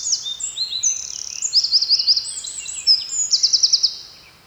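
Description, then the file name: Eurasian wren song: a vigorous stream of very high whistles and chips, with two bursts of fast trilled notes. "Troglodytes troglodytes"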